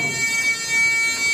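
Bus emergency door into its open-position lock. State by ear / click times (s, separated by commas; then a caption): not seated / none. During a school bus pre-trip inspection, the emergency door is being opened toward its open-position lock while the emergency alarm buzzes with a steady high tone over low rumbling handling noise. The door has not locked in place yet; nothing has seated or clicked.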